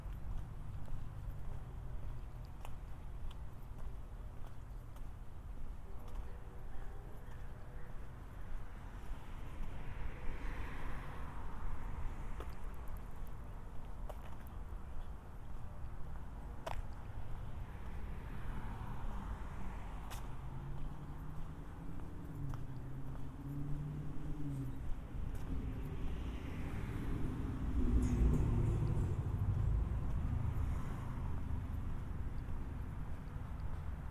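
A walk through San Diego streets, with steady low traffic rumble, passing cars swelling around 10 and 28 seconds, and occasional sharp clicks.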